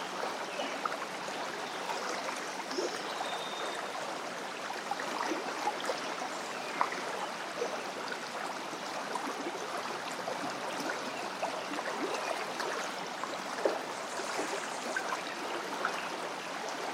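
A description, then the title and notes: A creek babbles steadily, a dense bright trickle with small splashes and gurgles scattered throughout, nothing low underneath. Johnson Creek Sings. This recording was made at Tideman Johnson Natural Area in urban SE Portland, Oregon this morning.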